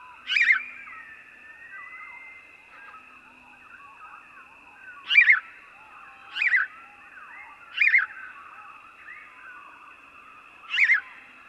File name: House Sparrow